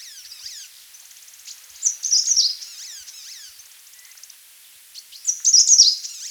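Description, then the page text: Grey-sided bush warbler giving two high, buzzy, descending song phrases over a steady background of soft high chirps. "Grey-Sided Bush Warbler Song. Quick Sounds"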